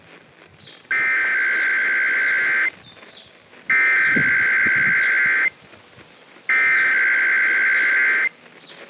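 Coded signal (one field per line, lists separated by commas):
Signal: Emergency Alert System (SAME) tones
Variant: header bursts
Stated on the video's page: Required monthly tests relayed by San Francisco AM and FM broadcast stations.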